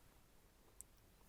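A wedge-base LED replacement bulb for a car or truck is forced into its very tight-fitting plastic socket. Over a faint, steady background, a single sharp, brief high-pitched click sounds at 0.8 s as the bulb seats in the socket.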